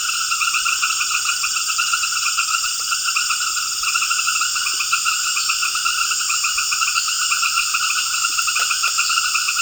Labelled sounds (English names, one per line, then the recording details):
none
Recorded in secondary vegetation near Puerto Asís, Putumayo, Colombia, on 12 March 2025 at 19:30
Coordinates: 0.488, -76.319
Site G095